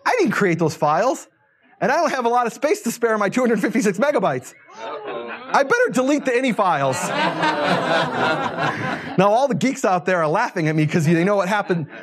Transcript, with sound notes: I didn’t create those files, and I don’t have a lot of space to spare on my 256 megabytes. I’d better delete the ini. files.” [laughter] Now, all the geeks out there are laughing at me, because they know what happened.